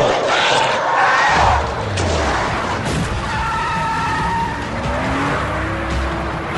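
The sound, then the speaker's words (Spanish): A car engine roars and revs, its pitch climbing as it pulls away, with tires squealing and a constant, loud rumble throughout. “¡Pon el coche en marcha!”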